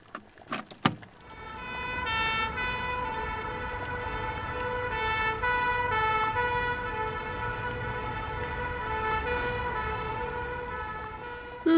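An English fire engine siren, played from a cassette, blares steadily in a bright, harmonic two-tone wail over a low engine rumble, preceded by a few sharp clicks in the opening second.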